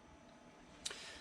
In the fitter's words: and make sure they line up just like that and snap into place